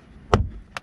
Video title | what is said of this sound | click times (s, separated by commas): Subaru Forester Sport 2020 2019 speaker replacement | There you go. Did you hear a thunk pop, not a crack pop? | 0.3 s